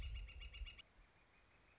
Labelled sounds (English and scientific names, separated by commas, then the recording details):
Northern Flicker (Colaptes auratus)
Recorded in Sonoma County, California